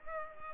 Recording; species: mosquito wingbeat signal from an infrared sensor; Culex pipiens